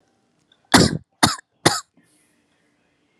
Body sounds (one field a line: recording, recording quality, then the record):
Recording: shallow voluntary cough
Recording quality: excellent, no background noise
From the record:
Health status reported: healthy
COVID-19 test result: not tested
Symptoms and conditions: none ticked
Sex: female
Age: 32 years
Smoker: not ticked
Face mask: not worn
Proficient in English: yes